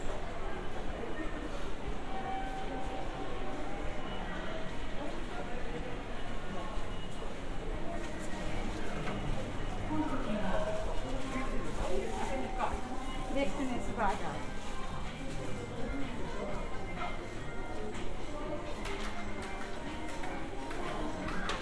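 A walk through Funabashi, Chiba, Japan, with a steady bed of people talking throughout and a constant low rumble like traffic or a passing train. Voices rise and mingle around the middle, with scattered clicks and brief clatters here and there.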